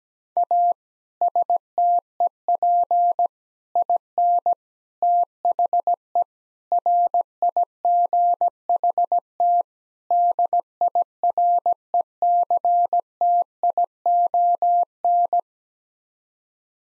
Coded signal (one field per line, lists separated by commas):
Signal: Morse code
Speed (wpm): 17 wpm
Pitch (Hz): 700 Hz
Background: none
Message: A STEP IN THE RIGHT DIRECTION